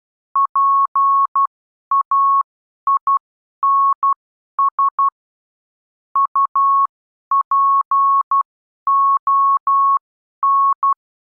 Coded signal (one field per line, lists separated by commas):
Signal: Morse code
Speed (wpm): 12 wpm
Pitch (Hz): 1100 Hz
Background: none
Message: PAINS UPON